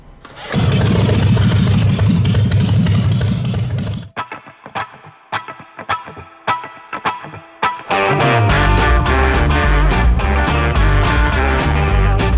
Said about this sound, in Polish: Co zrobić? Może odpalić motor?